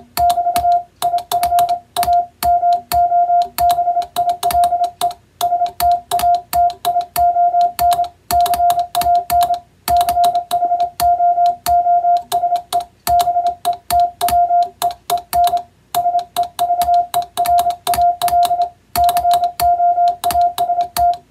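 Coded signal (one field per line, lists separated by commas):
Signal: Morse code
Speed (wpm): 27 wpm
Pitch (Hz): 700 Hz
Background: music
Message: <BT> IF A MOBILE STATION CAN CHOOSE BETWEEN SEVERAL COAST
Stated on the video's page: Hand-sent CW on an electronic keyer rather than software, sending plain-language telegram practice text for receiving practice.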